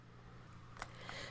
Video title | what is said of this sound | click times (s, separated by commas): Pantograph Quilting | allow the laser to pass the mark about two clicks of the locks then | 0.8 s, 1.1 s